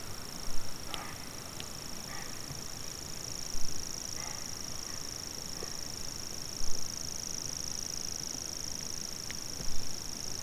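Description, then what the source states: Common grasshopper warbler giving a continuous, high, insect-like reeling trill without a break, with four evenly spaced knocks and a low rumble of background noise. Recorded 25 June 2020.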